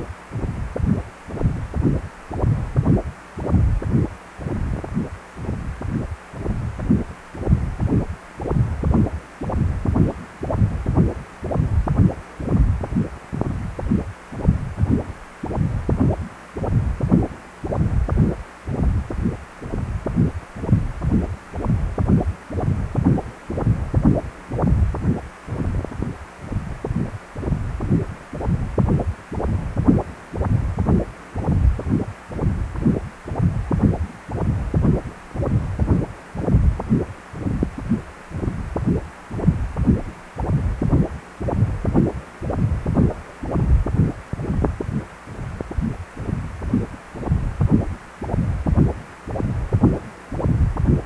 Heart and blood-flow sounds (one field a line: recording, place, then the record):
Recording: Doppler ultrasound of blood flow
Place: precordium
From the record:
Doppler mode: continuous wave and pulsed wave in the uncut recording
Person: healthy adult, 18 to 50 years, no heart murmur, not diving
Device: 2.5 MHz transducer